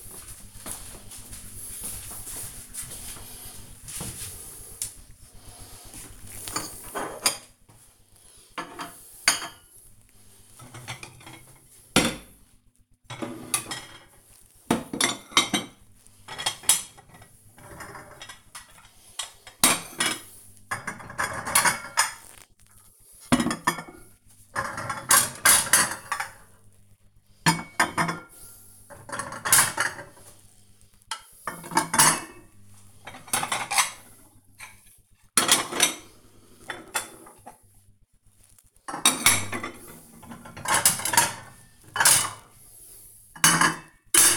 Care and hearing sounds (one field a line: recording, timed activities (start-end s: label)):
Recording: household activities, microphone on the right wrist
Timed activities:
5.66-44.36 s: putting away the dishes